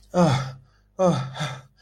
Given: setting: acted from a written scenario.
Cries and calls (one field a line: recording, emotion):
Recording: vocal sound without words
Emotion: relief